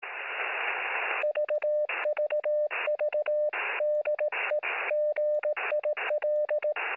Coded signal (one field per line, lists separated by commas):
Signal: Morse code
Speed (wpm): 18 wpm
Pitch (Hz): 600 Hz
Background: radio noise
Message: VVV DE GIL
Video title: Les Radios PMR 446 en France et le RT-45.